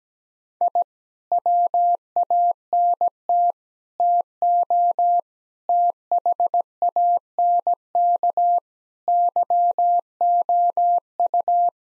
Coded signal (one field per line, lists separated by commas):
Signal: Morse code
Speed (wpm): 17 wpm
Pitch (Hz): 700 Hz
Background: none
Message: I WANT TO THANK YOU